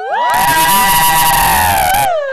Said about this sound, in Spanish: ¿Qué es ese griterío que se oye? Las mujeres se han apoderado de la Acrópolis.